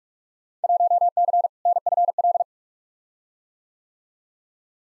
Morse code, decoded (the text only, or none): 1C NFL